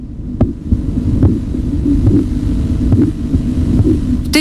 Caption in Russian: При сдавливании руки с помощью манжеты Рива Рочи возникают характерные чередующиеся звуки. На артерию ниже манжеты нужно поместить стетоскоп. Когда артерия пережата, ничего не слышно, но по мере падения давления в манжете появляется похлопывающий звук.